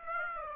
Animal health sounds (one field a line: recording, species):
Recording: mosquito wingbeat signal from an infrared sensor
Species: Aedes aegypti